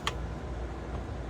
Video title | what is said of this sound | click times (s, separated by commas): Full video epoxy process for #chadrichards #expect #signs | make sure and hear a click. | 0.1 s